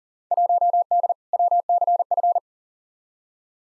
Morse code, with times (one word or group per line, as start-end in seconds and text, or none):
0.3-1.1 1D
1.3-2.4 WCF